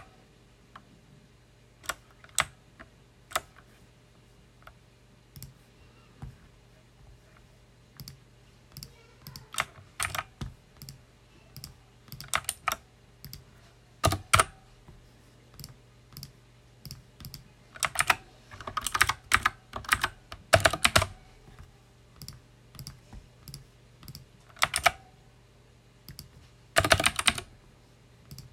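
Loud mechanical keyboard typing, close-up: sharp irregular clicks, sparse at first, then dense bursts around 18–21 seconds, over a low steady hum.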